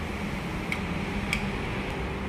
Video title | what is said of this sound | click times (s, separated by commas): #lowcostprintingmachine #lowcostcodingmachine #lowcostsealingmachine #Lowcostpackingmachine #servic | lock ஆயிடுச்சு பார்த்தீங்களா | 0.7 s, 1.3 s